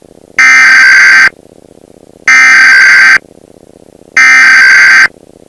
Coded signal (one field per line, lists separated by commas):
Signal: Emergency Alert System (SAME) tones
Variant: header bursts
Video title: Emergency Alert System (June 11, 2004)